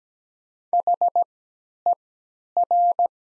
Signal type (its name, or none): Morse code